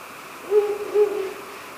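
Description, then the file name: Ural owl with a double hoot, two low even notes about half a second apart, the second trailing off. "fukuro"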